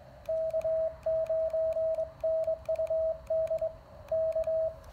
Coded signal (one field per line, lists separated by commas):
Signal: Morse code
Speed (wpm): 21 wpm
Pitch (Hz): 660 Hz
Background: radio noise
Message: K9NUD K